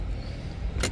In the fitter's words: and that's all back in there too. Clicks back in.